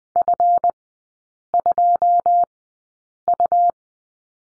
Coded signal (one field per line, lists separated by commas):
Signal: Morse code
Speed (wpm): 20 wpm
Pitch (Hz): 700 Hz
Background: none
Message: F2U